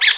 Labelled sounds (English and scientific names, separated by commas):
Brown-throated Parakeet (Eupsittula pertinax) contact call